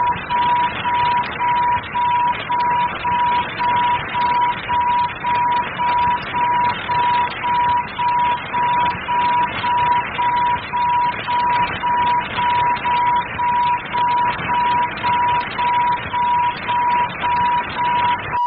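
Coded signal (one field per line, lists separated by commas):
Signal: none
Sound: a game's music beeps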